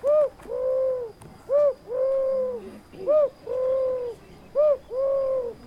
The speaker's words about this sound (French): Je suis la tourterelle des bois.